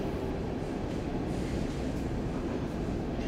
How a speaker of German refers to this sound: So drückend, dass man den Eindruck hat, die U-Bahn selbst versuche, ihr Fahren zu vertuschen.